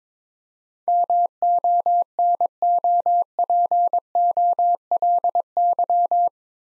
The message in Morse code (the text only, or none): MONOPOLY